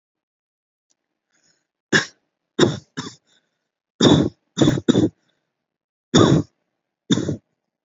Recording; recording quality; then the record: heavy voluntary cough; excellent, no background noise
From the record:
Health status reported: recovered from COVID-19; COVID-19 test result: negative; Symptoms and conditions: none ticked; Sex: male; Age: 24 years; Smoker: not ticked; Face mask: worn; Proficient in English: yes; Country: India